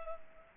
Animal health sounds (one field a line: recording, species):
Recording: mosquito wingbeat signal from an infrared sensor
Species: Culex pipiens